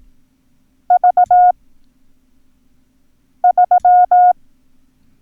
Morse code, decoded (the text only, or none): V 3